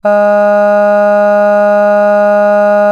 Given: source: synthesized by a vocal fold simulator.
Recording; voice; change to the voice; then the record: sustained vowel; female; none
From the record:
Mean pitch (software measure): 206 Hz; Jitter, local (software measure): 0.18%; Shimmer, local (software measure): 1.5%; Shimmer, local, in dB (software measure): 0.12 dB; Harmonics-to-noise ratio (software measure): 31.7 dB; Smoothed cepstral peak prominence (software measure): 18.8 dB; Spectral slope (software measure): -21.9 dB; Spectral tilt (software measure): -8.6 dB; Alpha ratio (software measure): -12.4 dB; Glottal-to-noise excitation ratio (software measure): 0.976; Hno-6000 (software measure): 2.5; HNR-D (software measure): 40.1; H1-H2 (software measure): 9.5 dB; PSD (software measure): 1.5e-05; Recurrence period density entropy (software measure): 0.132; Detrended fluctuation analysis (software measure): 0.0275